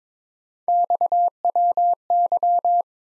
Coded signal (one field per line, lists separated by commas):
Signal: Morse code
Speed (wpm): 22 wpm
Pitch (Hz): 700 Hz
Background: none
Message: XWY